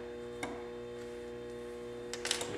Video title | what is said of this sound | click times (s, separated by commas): How to keep the handle scales tight on your knife for cheap 2 | hear that snap that means go ahead and try to tighten it because | 2.1 s